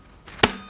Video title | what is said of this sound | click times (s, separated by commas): Кинокамера Конвас-Автомат модель 1КСР (Подробный обзор и зарядка кассет) Konvas 1KCR film loading | Затем она встает на место со щелчком. | 0.4 s